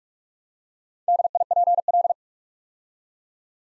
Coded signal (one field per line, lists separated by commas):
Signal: Morse code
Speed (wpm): 44 wpm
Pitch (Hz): 700 Hz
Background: none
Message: DIPL